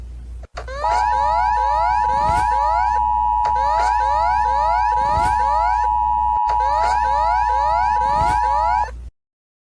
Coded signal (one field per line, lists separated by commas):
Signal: Emergency Alert System (SAME) tones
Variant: 853 and 960 Hz attention tone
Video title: SOUTHERN AMERICAN EAS ALARMS (SPECIAL)